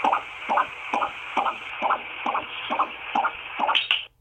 Baby heartbeat.